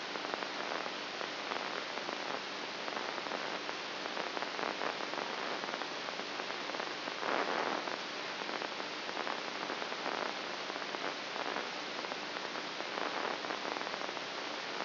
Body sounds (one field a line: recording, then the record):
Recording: brain microelectrode recording played as sound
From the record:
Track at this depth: inside the subthalamic nucleus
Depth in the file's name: 1.64 mm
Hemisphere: right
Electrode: 2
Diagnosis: Parkinson's disease